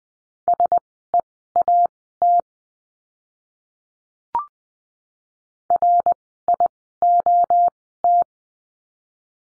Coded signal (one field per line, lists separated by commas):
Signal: Morse code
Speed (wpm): 20 wpm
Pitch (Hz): 700 Hz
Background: none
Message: SEAT RIOT